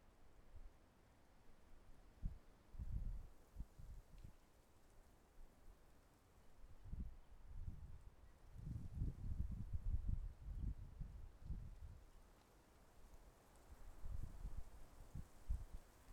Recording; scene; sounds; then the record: everyday scene through a hearing-aid microphone; wind on the microphone; wind, traffic, birds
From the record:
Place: suburban garden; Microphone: behind the ear, left, front